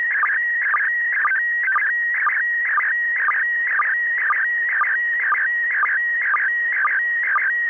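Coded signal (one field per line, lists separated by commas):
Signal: SSTV (slow-scan television)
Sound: warbling, buzzy tone sliding around steadily, with a short low chirp about twice a second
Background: radio static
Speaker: that audio that you just heard should be able to decode that photograph that we just watched download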